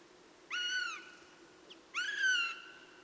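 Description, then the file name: Eurasian jay giving two drawn-out, rich mewing calls about one and a half seconds apart, each rising briefly then sliding down, with one faint short note between them. "Garrulus glandarius"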